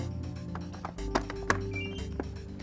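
A network cable plug is pushed into the adapter jack of a Fluke Networks DSX 5000 CableAnalyzer copper cable certifier after switching over to the next link. Faint handling taps at about 0.6, 0.9, 1.2 and 1.3 s lead up to a sharp, loud click at 1.5 s, over a steady tonal background. The plug seats and the link is confirmed connected.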